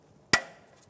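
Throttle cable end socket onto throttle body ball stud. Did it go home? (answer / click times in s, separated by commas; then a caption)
yes / 0.3 s. During fuel injector replacement on a 1992–1996 Ford F-150, the round plastic socket on the end of the throttle cable is pressed onto the ball stud on the throttle body. One loud, sharp snap sounds at 0.3 s and fades quickly against a quiet background, with no talking. The socket is seated on the ball stud.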